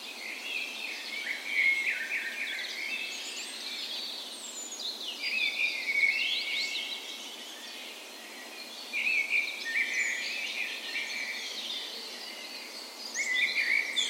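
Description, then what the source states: Dawn chorus of several songbirds singing at once, with overlapping whistled and twittering phrases that swell and fade, and no other clear sounds. Spring dawn chorus recorded on the morning of 17 May, Norway's National Day, in a park west in Bergen, Norway; Sony PCM A10 recorder with LOM Usi microphones placed as "tree ears".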